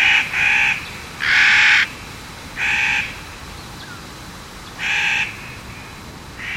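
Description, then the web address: Clark's nutcracker uttering rasping, crow-like croaks, several, mostly spaced about a second or more apart, one longer and louder than the rest, over quiet background. Bird of western North America. "Birdnote 2005 August -Clark s-Nutcracker"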